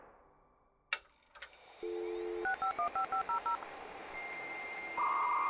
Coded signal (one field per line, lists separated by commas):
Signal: DTMF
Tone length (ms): 110 ms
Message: 6515500